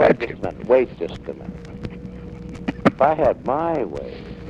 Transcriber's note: chuckles